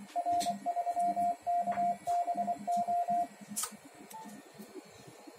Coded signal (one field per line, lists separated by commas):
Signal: Morse code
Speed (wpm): 24 wpm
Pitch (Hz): 700 Hz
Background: radio noise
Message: R3KBO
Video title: HF/6m linear amplifier 1200W with 5" touch screen control heat pipes cooling system